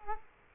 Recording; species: mosquito wingbeat signal from an infrared sensor; Culex quinquefasciatus